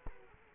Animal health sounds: mosquito wingbeat signal from an infrared sensor; Culex quinquefasciatus

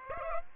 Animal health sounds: mosquito wingbeat signal from an infrared sensor; Aedes aegypti

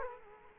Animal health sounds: mosquito wingbeat signal from an infrared sensor; Culex quinquefasciatus

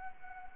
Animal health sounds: mosquito wingbeat signal from an infrared sensor; Anopheles arabiensis

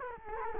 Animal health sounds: mosquito wingbeat signal from an infrared sensor; Culex quinquefasciatus

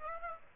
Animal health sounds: mosquito wingbeat signal from an infrared sensor; Aedes aegypti

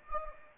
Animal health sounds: mosquito wingbeat signal from an infrared sensor; Anopheles gambiae

